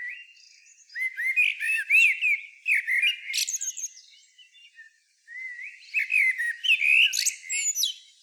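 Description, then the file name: Common blackbird singing two warbled phrases of fluting notes that rise into thin high twitters, split by a short pause. "Turdus merula"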